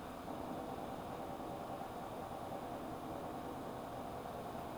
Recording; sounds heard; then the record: poultry house recording; no chicken sound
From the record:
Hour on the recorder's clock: 21